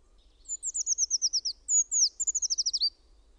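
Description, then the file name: Eurasian treecreeper song: two rapid, very high runs of notes in quick succession, each tumbling downward and closing with a short flourish. "PUUKIIPIJA"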